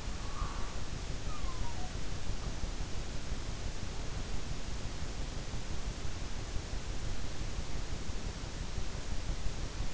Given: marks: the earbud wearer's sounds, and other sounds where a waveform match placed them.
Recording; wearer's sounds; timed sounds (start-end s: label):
sounds in sleep by an in-ear microphone; snoring breath
0.00-2.63 s: snoring breath